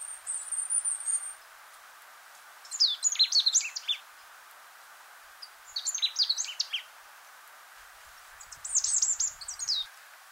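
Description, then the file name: Marsh tit opening with a thin, very high trill, then three bursts of quick, tumbling, chirpy notes roughly three seconds apart, over steady background hiss. "Poecile palustris"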